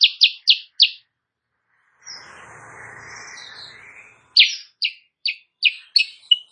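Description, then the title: Sooty-headed bulbul song: quick chirps, then a pause filled by a soft hissing, rustling sound, then loud chirps resume in an uneven series ending on a thin whistle. Energetic morning song used as a masteran recording for training other songbirds; described as gacor and as provoking rival birds to answer. "Masteran Kutilang Sutra. Kutilang Sutra GACOR pagi hari bikin lawannya AUTO NYAUT"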